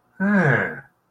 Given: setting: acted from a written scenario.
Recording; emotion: vocal sound without words; interest